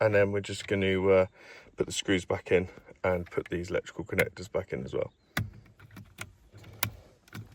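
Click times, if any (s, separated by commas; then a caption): none. Someone talks while working on the new clock spring behind the steering wheel of a Skoda Kodiaq, getting ready to push the electrical connectors back into it. After the talking, a few short, sharp handling sounds are heard at about 5.4, 6.2, 6.8 and 7.4 seconds. No connector has clicked into place yet.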